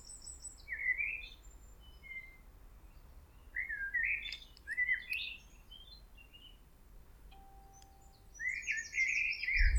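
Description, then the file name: Common blackbird giving several separate fluted, slurred phrases with high squeaky twitters between them, and a faint steady tone and low background noise. "Turdus merula"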